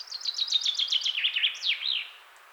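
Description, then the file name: Common chaffinch delivering one full song: fast repeated chips falling in pitch through several sections, closing with an emphatic downward-slurred ending. "Fringilla coelebs"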